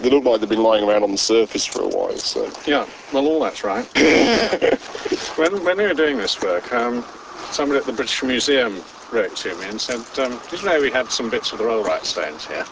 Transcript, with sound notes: They look like they have been lying around on the surface for a while.
Yeah---well all that's right! [laughter] When we were doing this work, somebody at the British Museum wrote to me and said, "did you know we had some bits of the Rollright Stones here?"